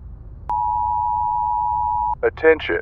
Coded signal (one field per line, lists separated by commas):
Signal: Emergency Alert System (SAME) tones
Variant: 853 and 960 Hz attention tone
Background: speech